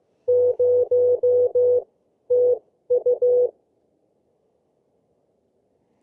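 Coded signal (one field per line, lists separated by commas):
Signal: Morse code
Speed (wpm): 15 wpm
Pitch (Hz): 490 Hz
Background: none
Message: 0 TU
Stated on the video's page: Morse heard during a desert park activation of Joshua Tree National Park, using a CHA LEFS antenna on a mast with drive-on support.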